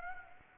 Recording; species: mosquito wingbeat signal from an infrared sensor; Aedes aegypti